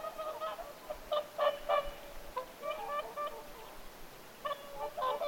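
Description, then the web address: Whooper swans calling, clusters of short trumpeting honks repeated in bursts with quiet gaps between. Whooper swans calling at Lintulahti on 6 November 2025. "paivat 6 11 2025 laulujoutsenten aantelya lintulahdella"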